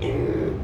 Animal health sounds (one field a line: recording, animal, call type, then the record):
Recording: contact call of a hoofed animal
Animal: pig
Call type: closed-mouth grunt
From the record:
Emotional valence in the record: negative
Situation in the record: short social isolation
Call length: 0.65 s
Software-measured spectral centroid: 1130 Hz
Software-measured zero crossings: 720 a second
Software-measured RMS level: -24 dBFS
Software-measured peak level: -14 dBFS